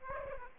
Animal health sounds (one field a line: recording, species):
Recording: mosquito wingbeat signal from an infrared sensor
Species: Aedes aegypti